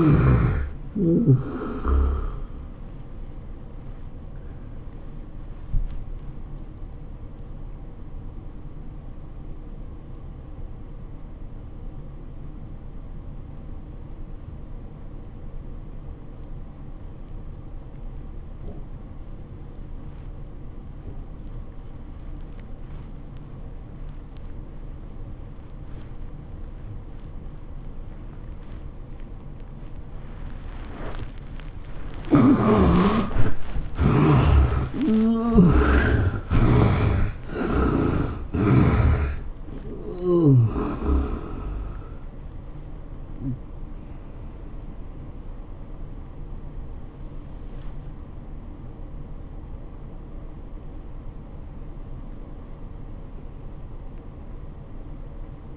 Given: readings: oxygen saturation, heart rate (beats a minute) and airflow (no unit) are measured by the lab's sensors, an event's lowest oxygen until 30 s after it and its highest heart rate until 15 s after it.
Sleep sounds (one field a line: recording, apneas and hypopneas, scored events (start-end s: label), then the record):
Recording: breathing in sleep by a smartphone at the bedside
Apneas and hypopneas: 1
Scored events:
5.00-31.70 s: obstructive apnea (N1, oxygen 91% highest, then 66% lowest, heart rate 105 at the start, 112 highest)
15.00-45.00 s: new sleep stage, N2 (light sleep)
45.00-55.77 s: new sleep stage, N1 (lightest sleep)
From the record:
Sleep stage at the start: N1 (lightest sleep)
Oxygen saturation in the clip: 66 to 91%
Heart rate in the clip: 80 to 112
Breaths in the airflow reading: 7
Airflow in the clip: -18.2 to 11.7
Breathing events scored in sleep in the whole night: 403 in 5.5 hours asleep